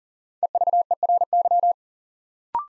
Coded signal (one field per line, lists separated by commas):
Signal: Morse code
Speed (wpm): 40 wpm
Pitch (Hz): 700 Hz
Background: none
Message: EVERY